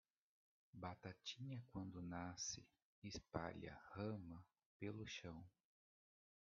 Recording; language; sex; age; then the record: short text; Brazilian Portuguese; male; 40 to 49 years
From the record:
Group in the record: control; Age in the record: 40 years